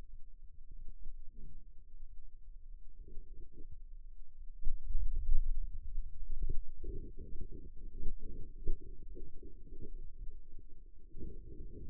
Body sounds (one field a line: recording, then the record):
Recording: forearm muscle sounds (acoustic myography)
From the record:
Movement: hand opening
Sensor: system 2, bracelet of six BSWA MPA416 microphones around the upper forearm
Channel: 5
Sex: male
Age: 22 years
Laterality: right